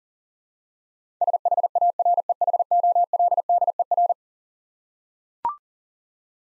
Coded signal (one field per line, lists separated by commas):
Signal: Morse code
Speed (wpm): 40 wpm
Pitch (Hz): 700 Hz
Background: none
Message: SHAREHOLDER